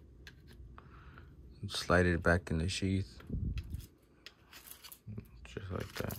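Someone talks while a Smith & Wesson HRT 2-inch small fixed-blade boot knife is slid back into its molded retention sheath, with a few short, faint ticks around the speech. The knife has not seated or clicked into the sheath yet when the clip ends.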